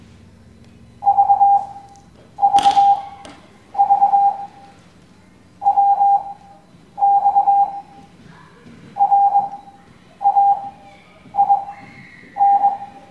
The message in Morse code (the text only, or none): V V V W X R A I N